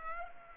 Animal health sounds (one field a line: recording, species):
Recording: mosquito wingbeat signal from an infrared sensor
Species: Culex pipiens